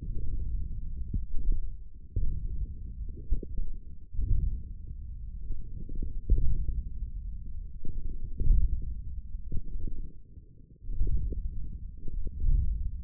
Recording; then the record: forearm muscle sounds (acoustic myography)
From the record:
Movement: wrist flexion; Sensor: system 1, eight BSWA MPA416 microphones around the upper forearm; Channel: 3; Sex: male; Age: 42 years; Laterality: right